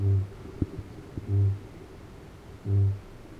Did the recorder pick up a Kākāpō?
yes